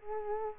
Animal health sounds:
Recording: mosquito wingbeat signal from an infrared sensor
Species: Culex quinquefasciatus

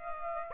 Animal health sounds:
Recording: mosquito wingbeat signal from an infrared sensor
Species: Aedes aegypti

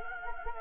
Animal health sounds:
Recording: mosquito wingbeat signal from an infrared sensor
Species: Anopheles gambiae

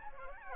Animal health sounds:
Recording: mosquito wingbeat signal from an infrared sensor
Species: Anopheles gambiae

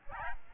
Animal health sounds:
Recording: mosquito wingbeat signal from an infrared sensor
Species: Aedes albopictus

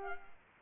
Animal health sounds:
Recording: mosquito wingbeat signal from an infrared sensor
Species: Culex pipiens

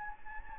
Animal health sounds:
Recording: mosquito wingbeat signal from an infrared sensor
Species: Anopheles gambiae

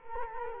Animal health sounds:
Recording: mosquito wingbeat signal from an infrared sensor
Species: Culex quinquefasciatus

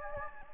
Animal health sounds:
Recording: mosquito wingbeat signal from an infrared sensor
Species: Anopheles gambiae

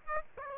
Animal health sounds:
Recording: mosquito wingbeat signal from an infrared sensor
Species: Aedes aegypti

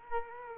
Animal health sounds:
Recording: mosquito wingbeat signal from an infrared sensor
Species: Culex quinquefasciatus

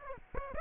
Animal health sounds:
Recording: mosquito wingbeat signal from an infrared sensor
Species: Aedes aegypti

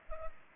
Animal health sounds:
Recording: mosquito wingbeat signal from an infrared sensor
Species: Culex pipiens

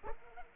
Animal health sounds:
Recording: mosquito wingbeat signal from an infrared sensor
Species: Culex pipiens

